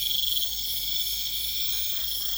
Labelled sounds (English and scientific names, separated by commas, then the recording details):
none
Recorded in pastures near Puerto Asís, Putumayo, Colombia, on 20 December 2024 at 21:30
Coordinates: 0.472, -76.329
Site G072